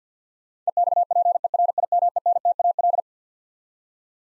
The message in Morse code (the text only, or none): EXPERIMENTAL